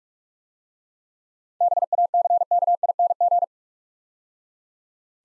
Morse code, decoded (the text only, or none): BACKING